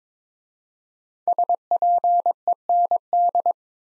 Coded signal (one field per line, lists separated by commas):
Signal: Morse code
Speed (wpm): 21 wpm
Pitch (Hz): 700 Hz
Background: none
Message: SPEND